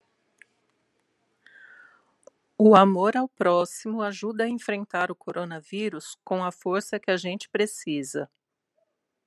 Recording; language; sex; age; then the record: spoken sentence; Brazilian Portuguese; female; 50 to 59 years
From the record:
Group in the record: control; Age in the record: 56 years